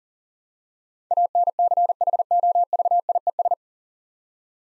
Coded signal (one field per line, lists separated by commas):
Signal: Morse code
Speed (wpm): 40 wpm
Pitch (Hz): 700 Hz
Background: none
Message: ANCHOVIES